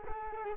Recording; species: mosquito wingbeat signal from an infrared sensor; Culex quinquefasciatus